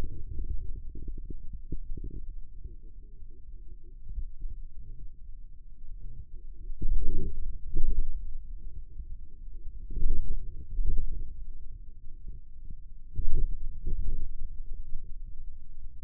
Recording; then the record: forearm muscle sounds (acoustic myography)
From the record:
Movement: radial deviation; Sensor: system 2, bracelet of six BSWA MPA416 microphones around the upper forearm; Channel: 6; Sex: male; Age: 22 years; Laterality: right